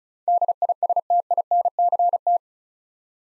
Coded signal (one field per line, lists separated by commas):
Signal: Morse code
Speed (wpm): 36 wpm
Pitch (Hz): 700 Hz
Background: none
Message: DISTINCT